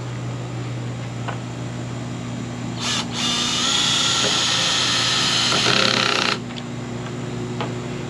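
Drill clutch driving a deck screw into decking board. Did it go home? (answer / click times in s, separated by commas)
yes / 5.9 s, 6.2 s, 6.6 s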